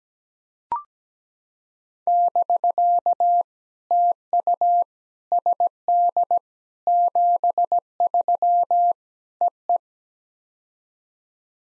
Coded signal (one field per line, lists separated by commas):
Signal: Morse code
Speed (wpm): 17 wpm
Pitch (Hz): 700 Hz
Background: none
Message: <BK> TU SD 73 EE